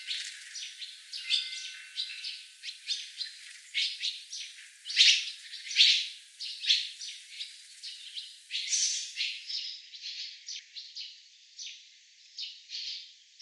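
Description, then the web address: Barn swallow chatter of rapid high chirps and scratchy notes, irregularly spaced, with a louder burst around the middle and a softer stretch toward the end. "cianscape birddata Deverinetal 2025"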